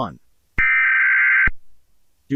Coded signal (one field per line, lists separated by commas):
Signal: Emergency Alert System (SAME) tones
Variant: header bursts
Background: speech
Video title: EAS SCP 001 ‘when day breaks’